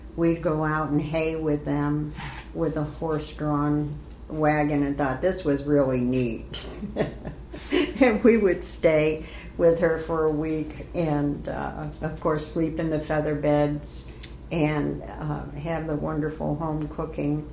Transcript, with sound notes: We'd go out and hay with them, with a horse-drawn wagon, and thought “this was really neat.” [Laughter] And we would stay with her for a week and, of course, sleep in the feather beds and have the wonderful home cooking.